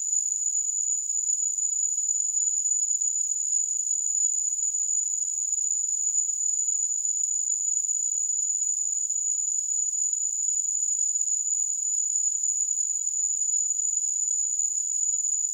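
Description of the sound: A steady, very high-pitched ringing tone with a thin hiss around it runs unchanged for about 15 seconds. It is a simulation of tinnitus, the ringing a person hears in the ears without any outside sound.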